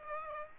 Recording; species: mosquito wingbeat signal from an infrared sensor; Aedes aegypti